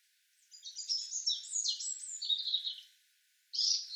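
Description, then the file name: European robin singing a long, rapid, high warbling phrase of tumbling thin notes and trills, a brief pause, then a new sharp phrase begins. "Erithacus rubecula"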